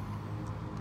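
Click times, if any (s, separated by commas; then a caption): none. During oil and air filter service on a 2003 Chevy Cavalier, a clip or cover on an engine service part, possibly the air filter housing, is being fitted by hand under the hood. A steady low hum runs throughout, with a brief burst of brighter, hissy noise near 0.8 s. The part has not seated or clicked yet.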